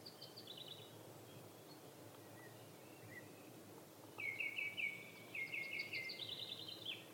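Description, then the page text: Lesser spotted woodpecker calling: thin, peevish repeated notes, a faint run early and several louder bursts later, over steady background hiss. "Jelmer Poelstra - Малый пёстрый дятел (Dendrocopos minor)"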